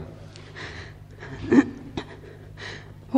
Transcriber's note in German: weint, räuspert, kann die Stimme schlecht kontrollieren